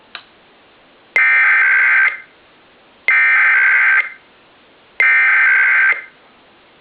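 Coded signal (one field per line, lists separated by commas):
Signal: Emergency Alert System (SAME) tones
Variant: header bursts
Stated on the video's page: Sage ENDEC relaying an actual EAS tsunami warning originating from ARCS in Alaska.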